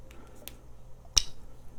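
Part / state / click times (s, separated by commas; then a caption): cap onto perfume bottle / seated / 1.2 s. A plastic or metal cap, not weighted, is pressed onto a fragrance bottle, with faint ticks near 0.1 and 0.5 seconds. It then gives one sharp, bright snap at 1.2 seconds as it seats very snugly in place.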